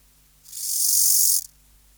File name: Bio Acoustica 417-17 Chorthippus yersini